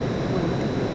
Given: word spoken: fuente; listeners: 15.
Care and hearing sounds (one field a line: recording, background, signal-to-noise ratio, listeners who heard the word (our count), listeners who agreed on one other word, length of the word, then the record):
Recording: one Spanish word in noise, from a listening test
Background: speech-shaped noise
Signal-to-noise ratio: -6.2 dB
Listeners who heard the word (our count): 0 of 15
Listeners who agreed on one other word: 6 of 15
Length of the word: 0.54 s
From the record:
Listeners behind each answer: 6, 2, 1, 1, 1, 1, 1, 1, 1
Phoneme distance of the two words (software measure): 10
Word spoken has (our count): 2 syllables, 6 phonemes, stress on syllable 1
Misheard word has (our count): 2 syllables, 6 phonemes, stress on syllable 1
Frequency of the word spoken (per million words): 89.53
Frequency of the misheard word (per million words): 45.99